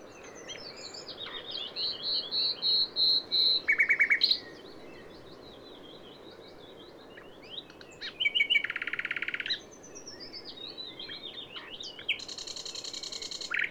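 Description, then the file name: Common nightingale song: a slow series of pure repeated whistles, then a fast rattling burst, further varied notes and a sustained buzzy trill. "Luscinia megarhynchos"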